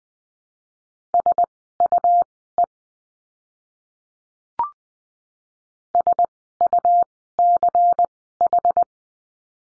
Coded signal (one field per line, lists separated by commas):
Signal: Morse code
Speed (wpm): 20 wpm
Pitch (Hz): 700 Hz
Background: none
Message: SUE SUCH